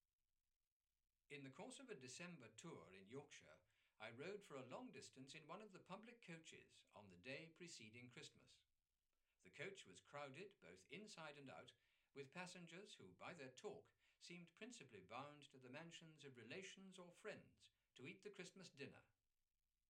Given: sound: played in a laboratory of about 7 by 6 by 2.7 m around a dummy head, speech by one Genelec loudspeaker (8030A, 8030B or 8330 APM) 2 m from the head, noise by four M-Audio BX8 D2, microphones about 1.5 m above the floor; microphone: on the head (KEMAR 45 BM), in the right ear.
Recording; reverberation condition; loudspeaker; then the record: male speech in English; low; 60 degrees to the right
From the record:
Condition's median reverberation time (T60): about 310 ms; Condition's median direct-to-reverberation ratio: about 3.5 dB